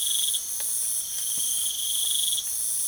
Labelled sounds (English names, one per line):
none